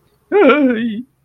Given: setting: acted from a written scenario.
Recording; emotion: vocal sound without words; distress